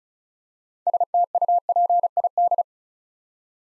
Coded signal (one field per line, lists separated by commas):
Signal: Morse code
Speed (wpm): 36 wpm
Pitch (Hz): 700 Hz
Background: none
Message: STUPID